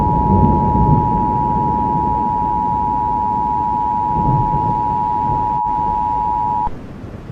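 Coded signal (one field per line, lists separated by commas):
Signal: Emergency Alert System (SAME) tones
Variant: 853 and 960 Hz attention tone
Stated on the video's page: Fictional tornado outbreak scenario, simulated alert.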